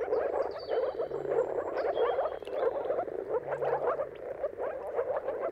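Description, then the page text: Moor frogs give an unbroken chorus of muffled bubbling calls; thin high bird whistles sound over it in the first seconds. Chorus of many moor frogs giving mating calls at sunrise, at the turn of March and April, timing depending on the weather; recorded by Jakub Orzecki. "Jakub-Orzecki moor frogs. Dawn’s Chorus: Mating Calls of Marsh Frogs at Sunrise. Depending on the weather at the turn of March and April, you can witness an amazing spectacle of moor frogs"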